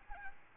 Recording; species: mosquito wingbeat signal from an infrared sensor; Aedes albopictus